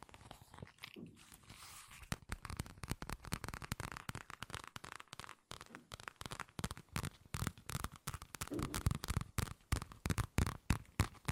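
Fast ASMR tapping with no talking: quick, dense taps and crinkly, crunchy scratches come in an irregular rapid stream. The sound is quieter and sparser for the first two seconds, then grows busier and louder, with sharp bursts clustering toward the end.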